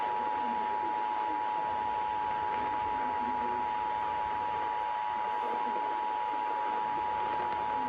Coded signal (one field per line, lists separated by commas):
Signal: Emergency Alert System (SAME) tones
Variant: 853 and 960 Hz attention tone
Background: speech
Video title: Much Better…Sorta. EAS Alerts From June 13-15, 2023